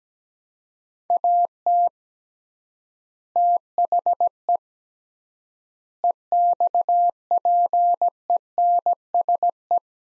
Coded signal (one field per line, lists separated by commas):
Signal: Morse code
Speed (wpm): 17 wpm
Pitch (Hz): 700 Hz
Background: none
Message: AT THE EXPENSE